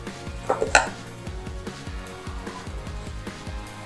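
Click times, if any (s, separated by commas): 0.7 s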